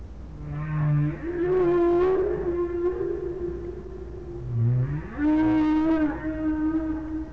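Whale moans: long tonal calls with rich harmonics, sliding up and down in pitch, in two drawn-out phrases separated by a brief low grunt.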